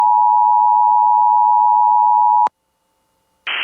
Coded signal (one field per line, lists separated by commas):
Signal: Emergency Alert System (SAME) tones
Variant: 853 and 960 Hz attention tone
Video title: E.A.S High Wind warning effected for Maryland / Virginia - (KALT-FM)